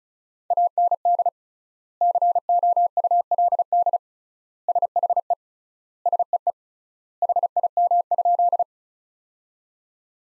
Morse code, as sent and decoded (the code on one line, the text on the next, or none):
.- -. -.. / -.-. --- ..- .-.. -.. / ... .... . / ... . . / .... .. -- ..--..
AND COULD SHE SEE HIM?